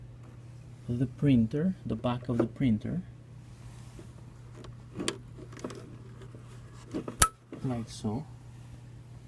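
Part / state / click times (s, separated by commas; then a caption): data cable plug into the rear port of a thermal receipt printer / seated / 7.2 s. A data cable plug is pushed into the rear port of a thermal receipt printer while someone talks, and a few soft knocks come before a sharp click at 7.2 s. The click is the cable seating fully into the port.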